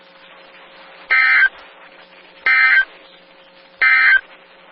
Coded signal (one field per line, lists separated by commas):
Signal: Emergency Alert System (SAME) tones